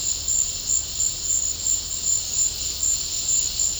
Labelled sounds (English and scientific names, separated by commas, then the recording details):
none
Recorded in secondary vegetation near Puerto Asís, Putumayo, Colombia, on 19 March 2025 at 13:30
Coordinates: 0.484, -76.319
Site G010